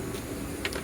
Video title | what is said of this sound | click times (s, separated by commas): Font Air Ride Strut replacement - Chevy Tahoe - | put it back on, it's going to clip in. | 0.7 s